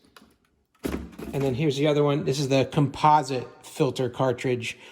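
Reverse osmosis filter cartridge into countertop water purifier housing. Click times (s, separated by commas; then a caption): 0.2 s. A reverse osmosis filter cartridge is set down into its socket in a countertop water purifier housing and locks into place. There is a short, sharp click at 0.2 s in an otherwise quiet opening, and then someone talks from about 0.8 s onward.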